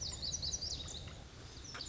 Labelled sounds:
Lazuli Bunting (Passerina amoena)
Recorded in Sonoma County, California

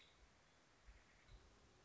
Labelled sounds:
Nuttall's Woodpecker (Dryobates nuttallii)
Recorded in Sonoma County, California

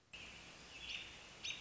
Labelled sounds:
American Robin (Turdus migratorius)
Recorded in Sonoma County, California

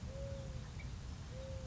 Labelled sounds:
Mourning Dove (Zenaida macroura)
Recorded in Sonoma County, California

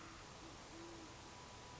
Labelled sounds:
Great Horned Owl (Bubo virginianus)
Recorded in Sonoma County, California

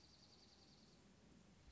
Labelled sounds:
Dark-eyed Junco (Junco hyemalis)
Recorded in Sonoma County, California

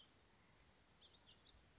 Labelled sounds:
House Finch (Haemorhous mexicanus)
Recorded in Sonoma County, California

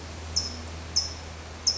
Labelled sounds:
California Towhee (Melozone crissalis)
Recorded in Sonoma County, California

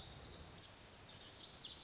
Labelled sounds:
Lazuli Bunting (Passerina amoena)
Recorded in Sonoma County, California

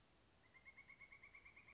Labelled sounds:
Pileated Woodpecker (Dryocopus pileatus)
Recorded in Sonoma County, California

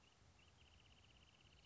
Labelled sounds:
Wrentit (Chamaea fasciata)
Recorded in Sonoma County, California

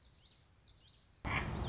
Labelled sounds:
Common Yellowthroat (Geothlypis trichas)
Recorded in Sonoma County, California

